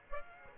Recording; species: mosquito wingbeat signal from an infrared sensor; Aedes aegypti